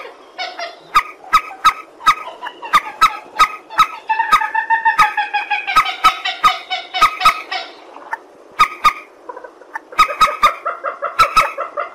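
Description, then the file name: Purple swamphen giving loud nasal honks and sharp ticking notes, which build into a sustained rattling cackle around the middle before breaking back into separate honks. "tieng trich re keu"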